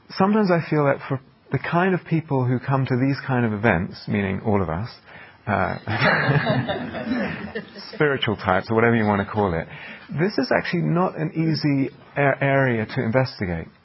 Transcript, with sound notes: sometimes I feel that for the kind of people who come to these kind of events, meaning all of [laughter] spiritual types or whatever you want to call it -- this is not an easy area to investigate.